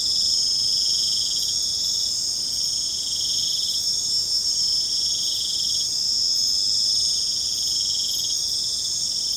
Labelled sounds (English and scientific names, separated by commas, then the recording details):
none
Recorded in secondary vegetation near Puerto Asís, Putumayo, Colombia, on 26 December 2024 at 22:00
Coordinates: 0.499, -76.323
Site G010